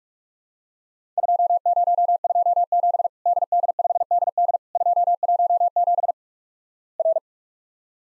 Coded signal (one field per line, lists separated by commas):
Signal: Morse code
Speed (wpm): 48 wpm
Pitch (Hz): 700 Hz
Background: none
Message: 2027 DD5DD 217 R